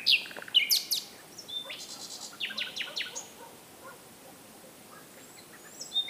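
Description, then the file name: Common nightingale song opening with high whistles and buzzy notes, followed by a series of quick downslurred notes, then quieter scattered notes and a final short whistle. "Luscinia megarhynchos"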